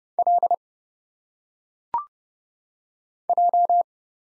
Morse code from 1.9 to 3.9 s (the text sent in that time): J